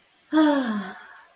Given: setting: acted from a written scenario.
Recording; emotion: vocal sound without words; serenity